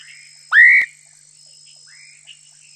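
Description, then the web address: Leptodactylus rhodomystax giving a single loud, sharply rising whistled call, followed by faint softer rising notes and a steady high hum in the background. Frog from the Ecuadorian Amazon. "Natures Songs. Frogs of Ecuadorian Amazon Leptodactylus rhodomystax"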